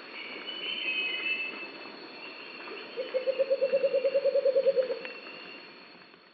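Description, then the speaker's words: Negros Bleeding-heart song, one two-second run of fast low pulsed notes over a steady high tone. Critically endangered species of the Philippines. "Here's the song of this endangered species."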